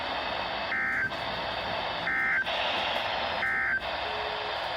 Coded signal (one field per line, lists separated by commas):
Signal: Emergency Alert System (SAME) tones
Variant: end-of-message bursts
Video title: Welcome to Vegas! (EAS alerts from July 25-28, 2022, EAS 1,005-1,023)